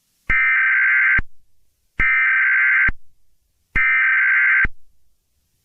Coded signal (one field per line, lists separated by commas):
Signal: Emergency Alert System (SAME) tones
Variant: header bursts